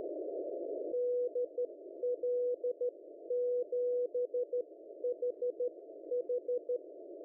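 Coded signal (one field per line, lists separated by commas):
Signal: Morse code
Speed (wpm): 13 wpm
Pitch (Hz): 490 Hz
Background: none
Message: DL7HH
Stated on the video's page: Pure CW and FM-modulated CW compared with other modes at 5 W, moderate conditions, strong interference (QRM) at the other station, over a hill group.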